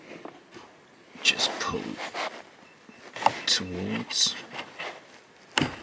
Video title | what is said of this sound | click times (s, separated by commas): VW PASSAT GTE B8 2017 : Dashcam Hardwire Kit Install | and then you hear that click and then | 5.6 s